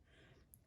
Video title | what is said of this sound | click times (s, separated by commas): How to inject Aimovig shot for migraine headaches | I heard that little click there that means that it's all done | 0.5 s